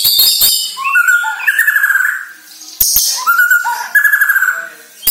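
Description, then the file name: White-rumped shama song: rich warbled phrases around the mid range with trilled, rippling passages, sharp high clicks and short notes between phrases. Borneo; lure recording used to make birds sing actively ('gacor'). "Sara Pancingan Murai Batu Borneo Agar Gacor Dor"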